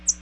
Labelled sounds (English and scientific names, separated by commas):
American Redstart (Setophaga ruticilla) flight call